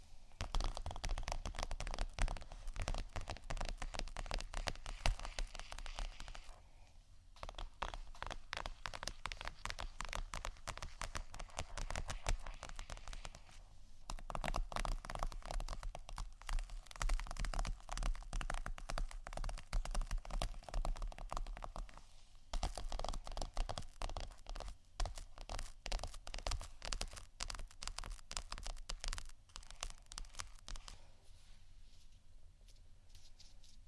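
Tapping and scratching on vinyl, a dense run of quick clicks and scrapes that keeps going with only brief pauses near 7, 14, 22 and 29 seconds. The sound is bright and crinkly over a steady low hum, with the texture shifting slightly between sections.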